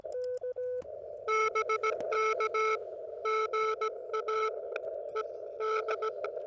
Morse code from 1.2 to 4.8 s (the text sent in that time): BK GA